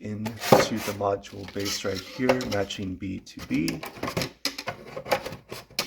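Someone talks while snap-locking the plastic tombstone hinge of a 2023 Halloween Resurrection Mary animatronic into its module base, matching the B marks. Two loud, sharp snaps are heard at 4.5 s and 5.8 s as the hinge seats in the base.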